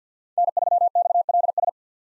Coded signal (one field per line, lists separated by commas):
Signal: Morse code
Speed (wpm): 50 wpm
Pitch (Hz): 700 Hz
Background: none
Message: N3XLS